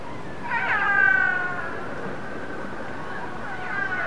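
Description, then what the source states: Orca call: a harmonic, slightly wavering tone that holds steady then falls a little. A shorter second call follows near the end over a hissing water background. Transient orca.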